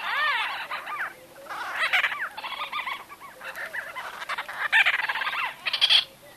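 White-fronted bee-eater calls in clustered bursts of guttural, trilled notes with strong harmonics.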